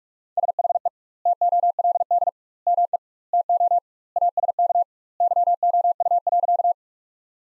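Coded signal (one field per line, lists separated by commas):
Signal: Morse code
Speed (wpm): 43 wpm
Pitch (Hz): 700 Hz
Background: none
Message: SHE TOLD ME TO ASK YOU.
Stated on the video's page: Morse sentence practice at 45 wpm with double standard word spacing, a Farnsworth-like approach, using the top 400 words.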